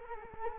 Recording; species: mosquito wingbeat signal from an infrared sensor; Culex quinquefasciatus